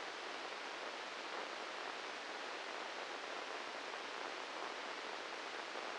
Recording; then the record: brain microelectrode recording played as sound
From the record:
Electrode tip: inside the subthalamic nucleus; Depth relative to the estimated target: -2 mm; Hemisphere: left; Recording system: NeuroSet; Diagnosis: Parkinson's disease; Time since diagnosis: 10 years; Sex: male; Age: 56 years